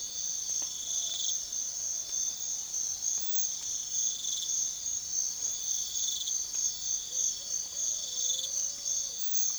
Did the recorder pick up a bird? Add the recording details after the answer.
no. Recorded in secondary vegetation near Puerto Asís, Putumayo, Colombia, on 4 March 2025 at 05:30. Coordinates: 0.500, -76.326. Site GP04